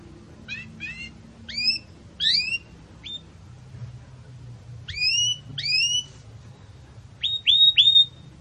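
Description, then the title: Belgian canary chirping in scattered short phrases of two or three quick notes, separated by pauses. Belgian canary singing a 'campainha' (bell) song style, recorded for tutoring young canary chicks. "Belíssimo Canto Do Canário Belga Campainha Para Encarte De Filhotes"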